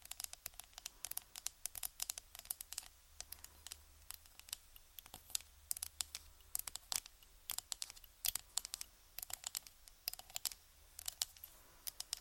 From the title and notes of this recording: ASMR Tapping On Random Objects. (Long Nails).